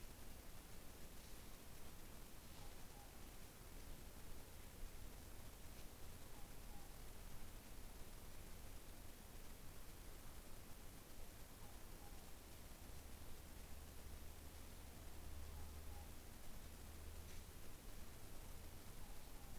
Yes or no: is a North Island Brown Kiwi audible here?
no